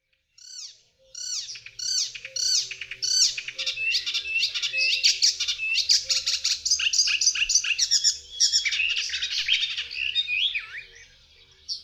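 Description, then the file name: Icterine warbler song, a fast, varied run of high chattering notes, each phrase repeated several times, with clear whistled slurs mixed in and barely a pause. "Zaganiacz"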